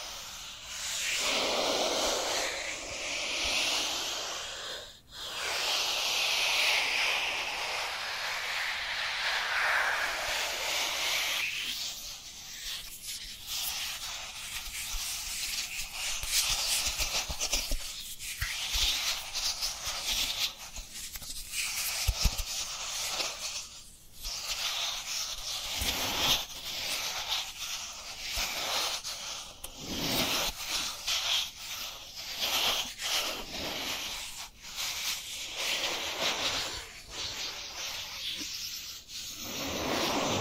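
Dry hands rub together in a steady, hissing friction that sweeps back and forth without pause. The first ten seconds are fuller and smoother, with a sharp tap near five seconds; afterward the rubbing turns choppier, broken by frequent short gaps and scratchy strokes.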